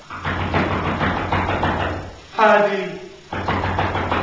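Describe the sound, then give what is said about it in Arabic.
A man knocks steadily and repeatedly on a door in a quick rhythm, pausing briefly while a voice calls out, then resuming. A low hum runs underneath throughout. “لا لا انتظر، إنني أعرفه، فلا تفتح الباب.”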